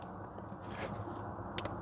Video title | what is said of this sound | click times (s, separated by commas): Saturn Sky Glove Box Frame Replacement | think that clicked. Yeah, that clicked. | 1.6 s